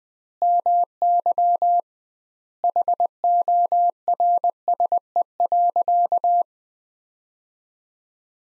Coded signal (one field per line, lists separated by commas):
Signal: Morse code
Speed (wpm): 19 wpm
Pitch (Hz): 700 Hz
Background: none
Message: MY HORSE.